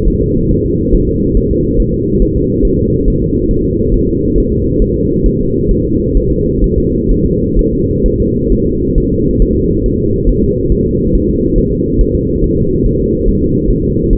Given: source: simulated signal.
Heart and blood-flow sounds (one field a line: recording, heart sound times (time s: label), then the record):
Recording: fetal heart sounds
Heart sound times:
0.08 s: S1
0.22 s: S2
0.51 s: S1
0.65 s: S2
0.95 s: S1
1.09 s: S2
1.37 s: S1
1.51 s: S2
1.80 s: S1
1.94 s: S2
2.22 s: S1
2.36 s: S2
2.65 s: S1
2.79 s: S2
3.08 s: S1
3.22 s: S2
3.51 s: S1
3.65 s: S2
3.94 s: S1
4.08 s: S2
4.38 s: S1
4.52 s: S2
4.82 s: S1
4.96 s: S2
5.26 s: S1
5.40 s: S2
5.71 s: S1
5.86 s: S2
6.17 s: S1
6.31 s: S2
6.64 s: S1
6.78 s: S2
7.11 s: S1
7.26 s: S2
7.59 s: S1
7.73 s: S2
8.06 s: S1
8.20 s: S2
8.52 s: S1
8.66 s: S2
8.98 s: S1
9.12 s: S2
9.42 s: S1
9.56 s: S2
9.86 s: S1
10.00 s: S2
10.29 s: S1
10.43 s: S2
10.72 s: S1
10.87 s: S2
11.15 s: S1
11.30 s: S2
11.58 s: S1
11.72 s: S2
12.01 s: S1
12.15 s: S2
12.44 s: S1
12.58 s: S2
12.86 s: S1
13.00 s: S2
13.28 s: S1
13.42 s: S2
13.71 s: S1
13.85 s: S2
14.13 s: S1
From the record:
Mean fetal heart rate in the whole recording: 135 bpm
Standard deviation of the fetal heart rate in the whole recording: 3 bpm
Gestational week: 36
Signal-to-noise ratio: -10.2 dB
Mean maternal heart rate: 72 bpm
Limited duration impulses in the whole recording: present